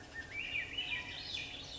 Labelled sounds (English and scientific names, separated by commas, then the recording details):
Swainson's Thrush (Catharus ustulatus)
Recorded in Sonoma County, California